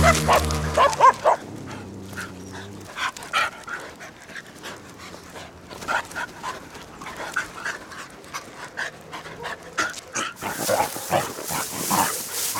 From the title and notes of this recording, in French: Une balade sonore au ras du sol, enregistrée en binaural par des chiens d’un quartier récemment urbanisé en bordure de Belo Horizonte, au sud-est du Brésil. Micro binaural placé au niveau des oreilles.